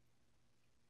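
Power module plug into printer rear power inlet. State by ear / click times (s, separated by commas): not seated / none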